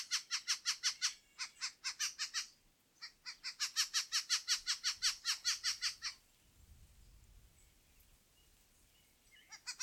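Western red-legged thrush giving loud, evenly spaced harsh chatter notes in a few runs, then a quiet stretch and a final burst.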